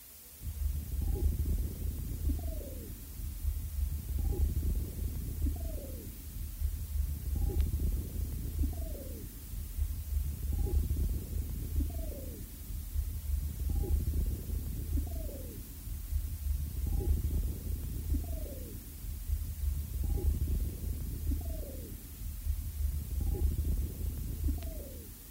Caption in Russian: Прослушайте аускультативные проявления стадии немого легкого у больного с тяжелым астматическим статусом. Сначала над участком легких, в котором еще имеется вентиляция альвеол.